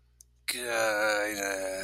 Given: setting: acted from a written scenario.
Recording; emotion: vocal sound without words; contempt